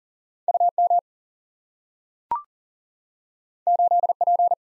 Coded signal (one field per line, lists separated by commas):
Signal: Morse code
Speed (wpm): 40 wpm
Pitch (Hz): 700 Hz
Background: none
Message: U M 8 P